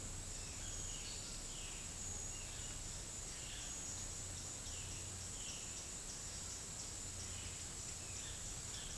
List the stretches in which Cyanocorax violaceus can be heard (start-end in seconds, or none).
0.50-5.87